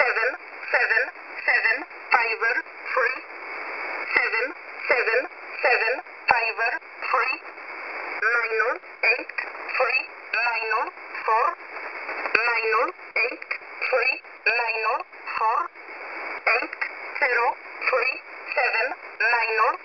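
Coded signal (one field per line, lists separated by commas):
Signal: numbers station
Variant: E11a, English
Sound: female voice reading five-digit number groups, each repeated, over shortwave static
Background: radio static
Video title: E11a Message 17/07/2023 0900 UTC 9052kHz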